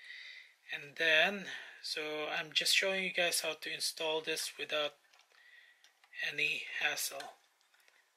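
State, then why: Not seated. Someone talks while handling an HGUC Gundam Tristan plastic model kit part, getting ready to push it onto a polycap joint. Faint, short handling taps can be heard between about 5 and 8 seconds. Nothing has seated or clicked yet.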